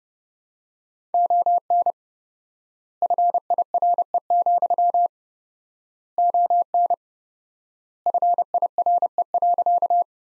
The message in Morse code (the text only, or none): ON FIRE, ON FIRE.